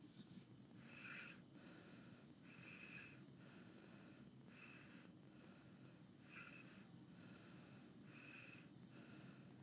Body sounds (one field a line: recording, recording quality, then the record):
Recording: shallow breathing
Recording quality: excellent, no background noise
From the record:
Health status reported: healthy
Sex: male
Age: 25 years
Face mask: not worn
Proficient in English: yes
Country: India